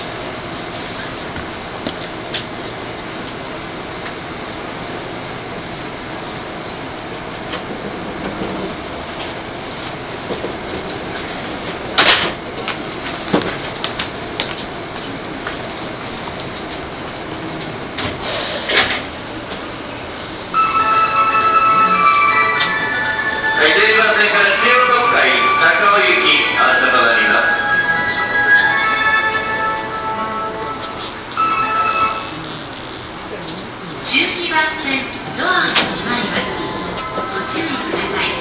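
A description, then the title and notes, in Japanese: A train ride from Tokyo to Takao hums steadily with clanks and clicks, then louder squealing rail tones and voices rise after twenty seconds. 一昔前まで中央線東京口の主役だった201系、優等運用となる中央特快を収録したものです。201系 中央特快 01/01: 東京～高尾。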